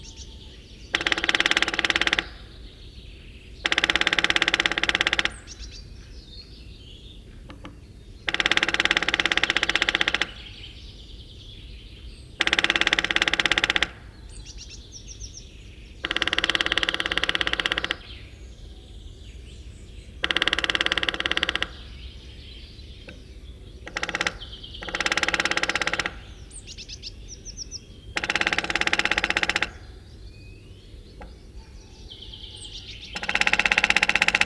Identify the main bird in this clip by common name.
Lesser Spotted Woodpecker